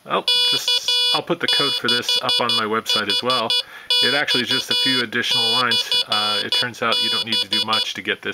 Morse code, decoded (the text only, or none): K6HX/B